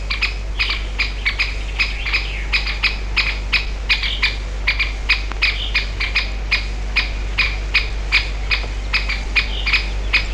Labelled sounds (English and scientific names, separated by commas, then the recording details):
Great Spotted Woodpecker (Dendrocopos major) alarm call
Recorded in the wild
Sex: pair
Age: adult
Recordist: Meyer, Hugo
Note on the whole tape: Warnrufe eines dann beider Alten, da eine Katze den Bruthöhlenbaum erklettert